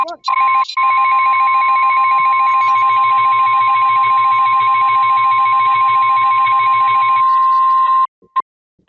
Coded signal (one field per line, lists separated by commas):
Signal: Emergency Alert System (SAME) tones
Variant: 1050 Hz attention tone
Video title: THE MADNESS OF STORMS... (Part 1) || EAS Alerts from March & April (EAS #37 - #74)